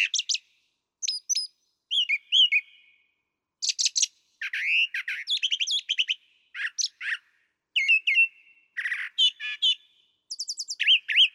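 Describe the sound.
Brown thrasher giving a continuous medley of whistled, buzzy and chattering phrases, several repeated, with brief pauses.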